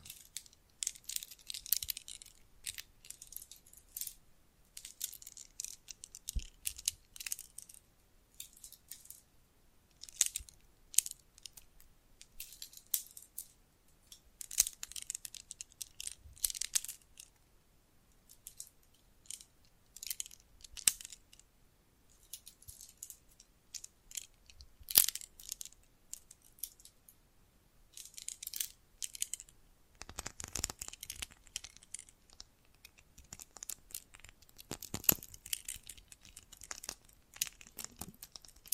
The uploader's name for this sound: Bracelets and Jewelry Boxes